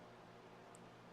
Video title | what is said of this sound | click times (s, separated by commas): How to replace a Samsung Galaxy S6 LCD / Digitizer | there she just fold over and it snapping | 0.8 s